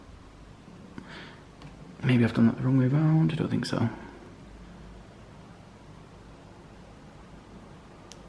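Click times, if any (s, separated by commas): 8.1 s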